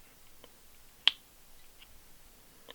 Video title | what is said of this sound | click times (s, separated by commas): Jetting a Honda Ruckus 49cc Carb | And you hear it click. | 1.1 s